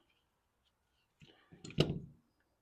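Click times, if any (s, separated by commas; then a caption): none. A trigger mechanism spring and pin are handled in a Glock 17 pistol frame, with the spring compressed so the top pin can slide over it and hold it in place. A faint tick is heard around 1.2 s, followed by a louder burst of metallic handling clatter from about 1.5 to 2.2 s, and someone talks briefly. Nothing has seated or clicked into place yet.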